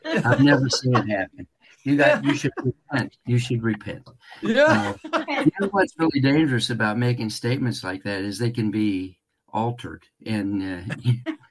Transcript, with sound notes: I've never seen it happen. You guys, you should repent. You should repent.
Yeah. (laughs)
Um, you know what's really dangerous about making statements like that, is they can be altered and,